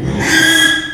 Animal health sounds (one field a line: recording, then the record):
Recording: squeal of a Yucatan mini pig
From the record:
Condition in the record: after surgery on the right vocal fold (resection and tissue-engineered implant)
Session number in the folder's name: 3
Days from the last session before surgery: 33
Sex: male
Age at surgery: 12 weeks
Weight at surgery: 13 kg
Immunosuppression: cyclosporine, prednisolone